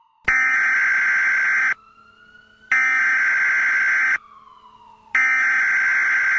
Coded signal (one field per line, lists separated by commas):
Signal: Emergency Alert System (SAME) tones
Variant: header bursts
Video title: Lucifer’s Rising: An EAS Scenario